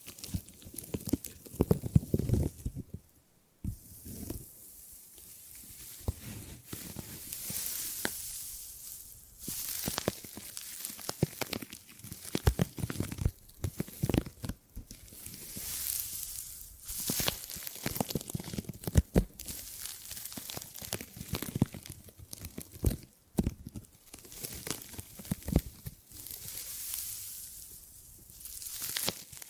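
Gripping and grabbing sounds: rough, crinkly scratching and rustling that comes in irregular bursts, with hissy highs and soft low thumps as things are handled. Brief near-silent gaps fall around 3 and 23 seconds, and the texture keeps shifting throughout.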